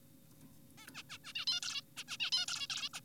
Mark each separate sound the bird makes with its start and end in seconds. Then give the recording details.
0.78-0.88, 0.94-1.03, 1.10-1.18, 1.24-1.33, 1.36-1.46, 1.47-1.60, 1.62-1.82, 1.97-2.04, 2.09-2.17, 2.20-2.31, 2.32-2.46, 2.48-2.67, 2.70-2.89, 2.94-3.00. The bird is an adult. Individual g4p5U